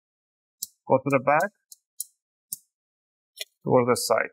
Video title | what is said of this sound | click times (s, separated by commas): How to Upgrade RAM for ASUS X505A - BR232T Laptop - Step by Step | cover and the bottom cover together and you want to hit that nice click sales all around | 0.6 s